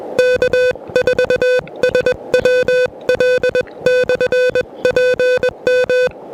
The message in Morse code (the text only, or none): K4SWL/PM